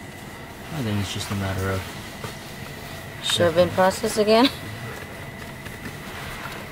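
A car seat base latch hook is being lined up toward the vehicle anchor before being shoved in. Someone talks in two short stretches over a steady low background hum. Nothing has clicked or seated yet.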